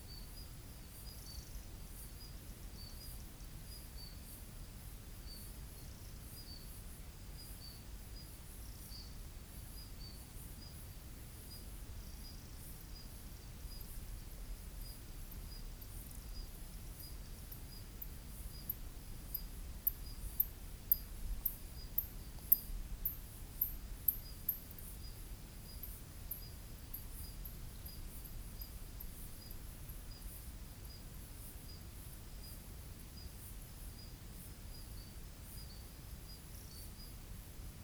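Summer night insects in the bush keep up a steady high buzzing, with a thin rapid ticking rising briefly around twenty seconds over low rumble.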